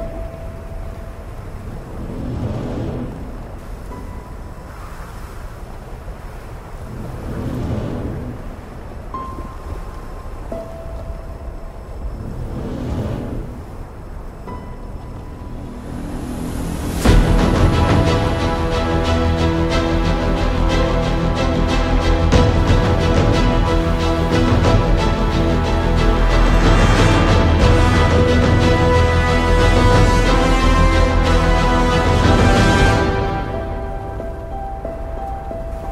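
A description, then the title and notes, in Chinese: Epic music with the sound of a snowstorm. For the first seventeen seconds a low roar rises and falls in gusts, with a few faint, isolated notes. Then a sudden hit brings in a loud, dense, sustained orchestral swell that holds until about thirty-three seconds before easing off. 10首超好聽史詩音樂配合風雪的聲音。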